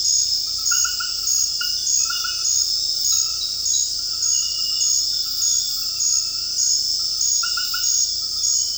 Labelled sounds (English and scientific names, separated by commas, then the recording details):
none
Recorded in dense forest near Puerto Asís, Putumayo, Colombia, on 19 February 2024 at 23:30
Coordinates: 0.481, -76.318
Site G6421